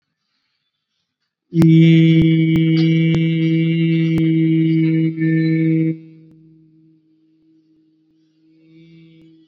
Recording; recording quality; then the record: sustained vowel as in beet; excellent, no background noise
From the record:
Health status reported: COVID-19 positive, mild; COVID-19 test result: positive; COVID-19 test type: RT-PCR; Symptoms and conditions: cough, fever, fatigue, muscle pain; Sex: male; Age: 39 years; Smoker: yes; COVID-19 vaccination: both doses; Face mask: worn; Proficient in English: yes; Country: India